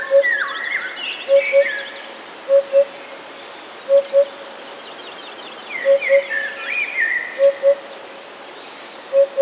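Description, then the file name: Eurasian hoopoe hooting a low soft double note again and again at a steady pace, with sweeping chirps and twitters of other birds behind. "dudek"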